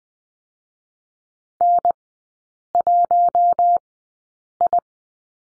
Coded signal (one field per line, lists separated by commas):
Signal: Morse code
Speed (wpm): 19 wpm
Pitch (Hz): 700 Hz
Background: none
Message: N1I